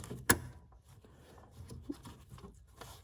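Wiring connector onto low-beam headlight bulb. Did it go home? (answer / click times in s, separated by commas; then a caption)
yes / 0.3 s. A wiring connector is pushed onto a new low-beam headlight bulb in a Hyundai Elantra GT, and a single sharp, loud click at 0.3 s marks the latch. Faint rubbing and handling noises follow. The connector is seated.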